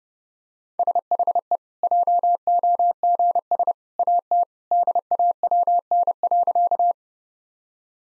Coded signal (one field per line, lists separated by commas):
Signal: Morse code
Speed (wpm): 32 wpm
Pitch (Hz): 700 Hz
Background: none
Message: SHE JOGS AT DAWN.